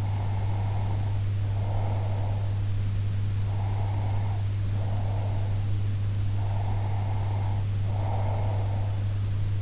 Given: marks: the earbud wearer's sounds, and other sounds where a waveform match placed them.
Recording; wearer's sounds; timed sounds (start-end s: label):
sounds in sleep by an in-ear microphone; breath
0.00-2.68 s: breath
3.48-5.51 s: breath
6.34-8.94 s: breath